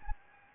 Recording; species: mosquito wingbeat signal from an infrared sensor; Anopheles gambiae